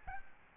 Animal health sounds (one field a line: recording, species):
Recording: mosquito wingbeat signal from an infrared sensor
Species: Aedes albopictus